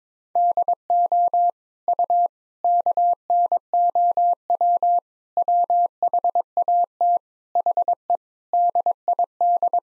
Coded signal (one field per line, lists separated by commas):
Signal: Morse code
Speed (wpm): 22 wpm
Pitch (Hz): 700 Hz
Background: none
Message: DO U KNOW WHAT HE DID